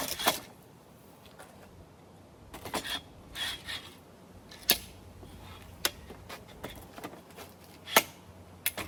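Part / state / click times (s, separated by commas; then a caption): folding arm of a hammock stand locking into the frame joint / seated / 4.7 s, 5.9 s, 8.0 s, 8.7 s. The folding metal arms of an anymaka portable hammock stand are pulled up into the frame joint, with soft rustling and scraping throughout. Sharp, loud metallic snaps ring out at 4.7, 5.9, 8.0 and 8.7 seconds as the arms lock into place, leaving them seated.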